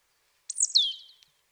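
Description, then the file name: Marsh tit giving one quick high note that slides steeply downward and fades, with faint ticks afterward. "Poecile palustris"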